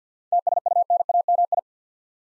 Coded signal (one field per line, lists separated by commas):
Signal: Morse code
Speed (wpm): 53 wpm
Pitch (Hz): 700 Hz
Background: none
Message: TSUNAMI